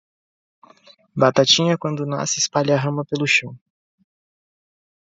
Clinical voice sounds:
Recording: short text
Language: Brazilian Portuguese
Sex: male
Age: 20 to 29 years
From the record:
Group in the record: control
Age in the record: 22 years

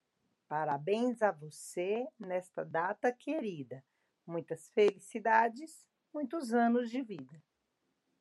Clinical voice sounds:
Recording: short text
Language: Brazilian Portuguese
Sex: female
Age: 30 to 39 years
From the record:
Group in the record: control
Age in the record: 39 years

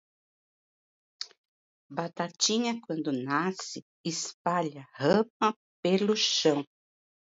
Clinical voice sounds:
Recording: short text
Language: Brazilian Portuguese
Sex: female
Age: 50 to 59 years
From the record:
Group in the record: control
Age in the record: 56 years

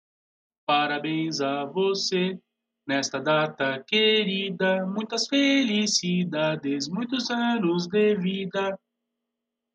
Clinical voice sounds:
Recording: short text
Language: Brazilian Portuguese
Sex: male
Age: 40 to 49 years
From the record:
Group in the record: control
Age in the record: 49 years

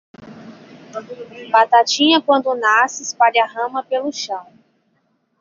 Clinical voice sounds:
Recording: short text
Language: Brazilian Portuguese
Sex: female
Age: 20 to 29 years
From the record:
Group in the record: control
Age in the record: 28 years

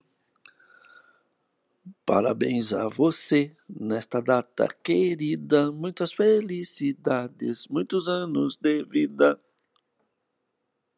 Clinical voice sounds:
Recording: short text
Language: Brazilian Portuguese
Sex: male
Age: 60 to 69 years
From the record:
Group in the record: control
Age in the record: 68 years

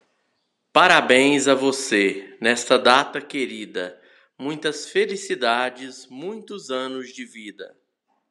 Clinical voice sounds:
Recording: short text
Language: Brazilian Portuguese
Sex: male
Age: 40 to 49 years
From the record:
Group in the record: control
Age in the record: 47 years

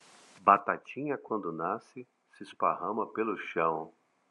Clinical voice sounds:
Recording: short text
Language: Brazilian Portuguese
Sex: male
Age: 40 to 49 years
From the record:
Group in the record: control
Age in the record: 48 years

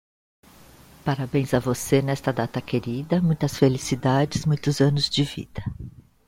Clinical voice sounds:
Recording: short text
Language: Brazilian Portuguese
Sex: female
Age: 50 to 59 years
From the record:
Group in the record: control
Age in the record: 57 years

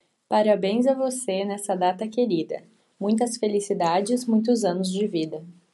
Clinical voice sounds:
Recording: short text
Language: Brazilian Portuguese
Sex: female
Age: 20 to 29 years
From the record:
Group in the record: control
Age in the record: 26 years

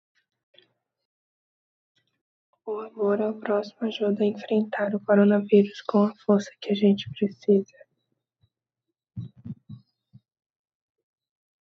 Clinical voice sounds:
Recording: spoken sentence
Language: Brazilian Portuguese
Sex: female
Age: 20 to 29 years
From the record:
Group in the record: control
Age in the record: 22 years

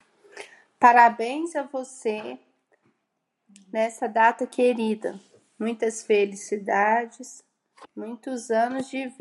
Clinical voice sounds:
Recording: short text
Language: Brazilian Portuguese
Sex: female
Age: 40 to 49 years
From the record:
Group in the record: control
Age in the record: 47 years

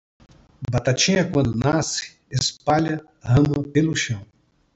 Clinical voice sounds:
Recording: short text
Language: Brazilian Portuguese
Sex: male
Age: 70 to 79 years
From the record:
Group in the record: control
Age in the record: 70 years

